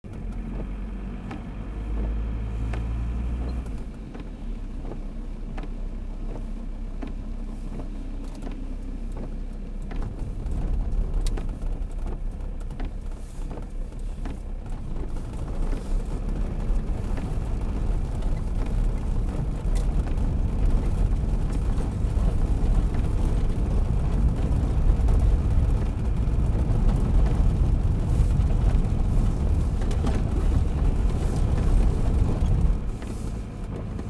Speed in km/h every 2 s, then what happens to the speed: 11, 13, 14, 16, 17, 17, 16, 14, 15, 18, 23, 24, 28, 28, 29, 28, 29.
0-8 speeds up to 17. 8-15 steady at about 16. 15-24 speeds up to 28. 24-34 steady at about 28.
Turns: 14-17.